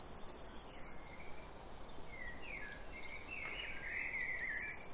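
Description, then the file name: Eurasian blue tit giving thin, high notes sliding downward, one near the start and a rapid pulsed series near the end, with faint lower twittering between. "Cyanistes caeruleus"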